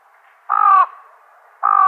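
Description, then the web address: Fan-tailed raven calls: two harsh, nasal caws, the first about a third of a second, the second starting roughly 0.8 seconds after the first ends. "Schulze Peter Fan-tailed Raven"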